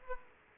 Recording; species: mosquito wingbeat signal from an infrared sensor; Aedes aegypti